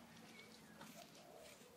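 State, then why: Not seated. The drum of a MAD DOG cement mixer is pushed back with a foot braced as its tilt-lock latch is handled. Only a steady, even background noise with faint tonal lines is heard, and there are no sharp hits. The latch has not seated or clicked yet.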